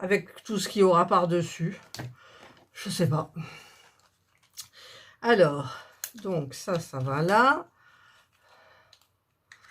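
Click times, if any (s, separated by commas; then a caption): 9.5 s. A plastic panel of a musical light lamp is slid along and fitted into place in the lamp base, seating with a sharp click at 9.5 s. Before that, someone talks, with faint handling sounds in the quieter gaps.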